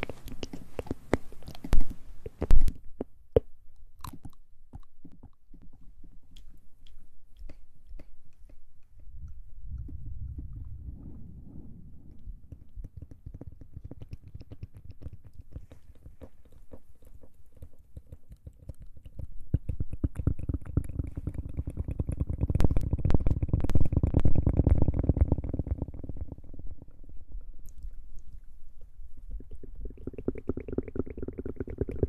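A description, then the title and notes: Wet mouth sounds with sharp clicks early, then low rumbling swells that build around twenty-five seconds and return near the end. ASMR Mouth Sounds & Ear Play.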